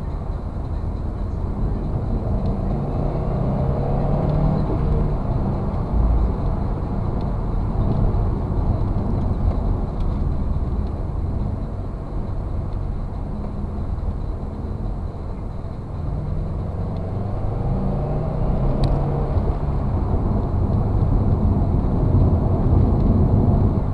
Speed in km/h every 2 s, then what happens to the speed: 60, 70, 85, 87, 81, 60, 50, 46, 42, 73, 80, 81.
0-6 speeds up to 87. 6-13 brakes to 46. 16-19 speeds up to 80.